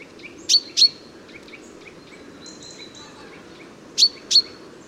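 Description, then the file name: Common chaffinch calls: two quick pairs of bright, high, clipped notes about three and a half seconds apart, with faint softer bird notes between them. "Fringilla coelebs"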